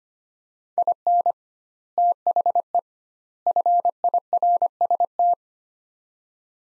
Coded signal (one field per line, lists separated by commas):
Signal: Morse code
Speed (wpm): 25 wpm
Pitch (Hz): 700 Hz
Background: none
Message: IN THE FIRST